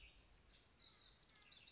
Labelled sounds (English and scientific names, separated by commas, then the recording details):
House Wren (Troglodytes aedon)
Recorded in Sonoma County, California